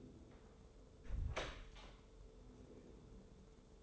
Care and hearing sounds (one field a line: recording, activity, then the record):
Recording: daily activity, microphone in the room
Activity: close door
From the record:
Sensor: 3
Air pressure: 1015.1 hPa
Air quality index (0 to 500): 125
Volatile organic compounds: 5 ppm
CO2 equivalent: 1761 ppm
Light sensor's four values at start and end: 16/40/16/17 and 16/40/16/17